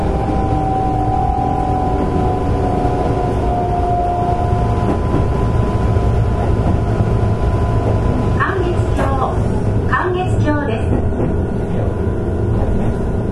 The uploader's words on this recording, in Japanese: 京阪電気鉄道 13000系の走行音です。宇治線にて収録。区間は宇治から中書島までです。